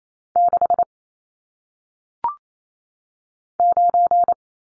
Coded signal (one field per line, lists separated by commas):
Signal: Morse code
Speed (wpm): 28 wpm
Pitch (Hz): 700 Hz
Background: none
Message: 6 9